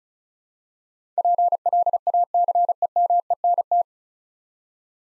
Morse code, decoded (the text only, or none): PLACEMENT